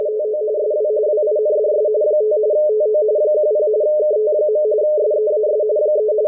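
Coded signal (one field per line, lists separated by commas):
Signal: RTTY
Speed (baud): 45.45 baud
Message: TO SW WINDS 5 TO 10 KT. SEAS 3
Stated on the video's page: WLO coast station marine weather report in RTTY-45, received at 8473 kHz on a WebSDR.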